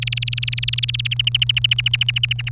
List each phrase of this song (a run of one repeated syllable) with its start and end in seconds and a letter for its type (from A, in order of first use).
0.02-1.14 A, 1.19-2.49 B